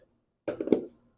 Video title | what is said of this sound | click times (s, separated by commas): Husqvarna HU700f mower part 2, carburetor swap GVC 160 and test run | that's going to snap into place right there | 0.5 s, 0.7 s